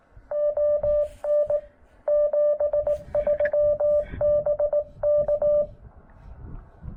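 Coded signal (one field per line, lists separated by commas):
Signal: Morse code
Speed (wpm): 18 wpm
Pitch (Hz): 590 Hz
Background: radio noise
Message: ON 73 BK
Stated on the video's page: Morse from a Yaesu FT-891 on 20 meters during a chilly park activation with pileups.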